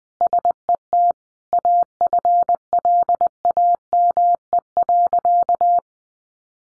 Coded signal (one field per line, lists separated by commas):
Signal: Morse code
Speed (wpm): 20 wpm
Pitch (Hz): 700 Hz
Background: none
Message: SET AFLAME.